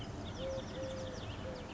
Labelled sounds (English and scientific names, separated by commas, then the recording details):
Eurasian Collared Dove (Streptopelia decaocto)
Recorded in Sonoma County, California